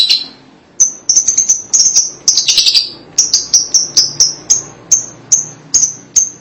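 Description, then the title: Lovebird chirps, shrill high notes given in quick succession, briefly merging into a buzzy twitter, then repeated steadily about three times a second. "BM Suara Burung Lovebird"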